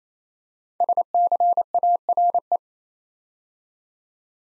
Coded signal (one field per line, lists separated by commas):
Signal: Morse code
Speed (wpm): 27 wpm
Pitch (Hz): 700 Hz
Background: none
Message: SCARE